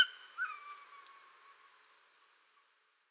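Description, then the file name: Greater spotted eagle call: one sharp harmonic yelp at the start, trailing into a fading, slightly falling whistled tone. "orlikgrubodzioby"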